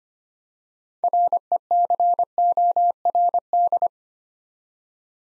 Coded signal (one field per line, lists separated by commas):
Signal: Morse code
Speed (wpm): 25 wpm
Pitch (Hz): 700 Hz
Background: none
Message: RECORD